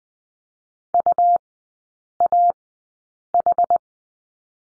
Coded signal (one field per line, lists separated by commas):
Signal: Morse code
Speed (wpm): 20 wpm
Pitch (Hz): 700 Hz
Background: none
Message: UAH